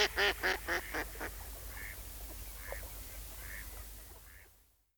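Mallard quacking in a rapid series of several loud quacks, then fainter, slower quacks fading away.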